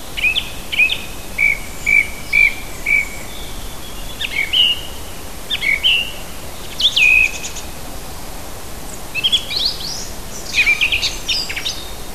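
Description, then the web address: Birdsong with a run of several clear repeated chirps, then varied whistled and buzzy phrases, against light background hiss. Native bird of a hedge habitat, listed for June. "oeko hecke vogel juni vogel heimisch"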